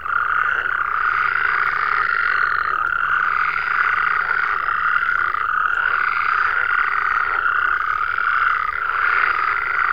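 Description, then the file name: Frog chorus of many callers, a continuous shrill trilling hum with repeated swelling croaks layered throughout. "Digiffects Sound Effects Library - Frogs"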